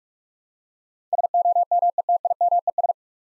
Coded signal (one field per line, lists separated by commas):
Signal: Morse code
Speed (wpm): 43 wpm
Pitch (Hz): 700 Hz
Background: none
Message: SOMETIMES